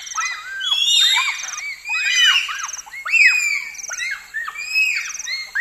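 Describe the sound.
Bonobo calls: loud, arching high-pitched hoots and shrieks, with several animals overlapping in irregular bursts.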